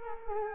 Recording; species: mosquito wingbeat signal from an infrared sensor; Culex quinquefasciatus